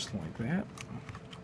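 While a Samsung Galaxy Tab 3 7-inch tablet is reassembled after replacing its digitizer glass, the plastic back cover is handled against the tablet frame as someone talks. Only handling sounds are heard; the cover has not snapped into place and nothing has seated or clicked yet.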